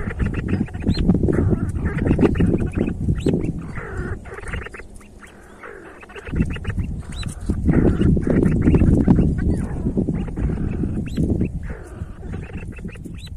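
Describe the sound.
See-see partridge gives fast repeated clipped calls, pausing briefly near the middle and then resuming, with a deep rumbling background.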